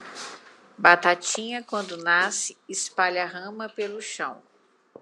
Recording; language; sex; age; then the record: short text; Brazilian Portuguese; female; 30 to 39 years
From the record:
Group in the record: control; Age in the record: 39 years